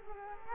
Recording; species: mosquito wingbeat signal from an infrared sensor; Culex quinquefasciatus